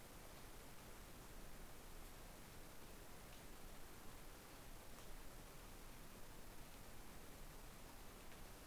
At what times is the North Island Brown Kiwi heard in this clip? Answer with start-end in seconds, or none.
none